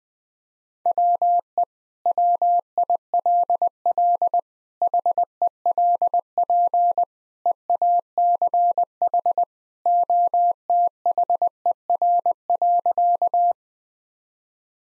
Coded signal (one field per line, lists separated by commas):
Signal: Morse code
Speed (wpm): 21 wpm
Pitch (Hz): 700 Hz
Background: none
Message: WE WILL HELP EACH OTHER.